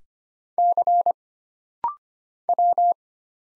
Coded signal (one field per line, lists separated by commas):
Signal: Morse code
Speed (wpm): 25 wpm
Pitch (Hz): 700 Hz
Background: none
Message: C W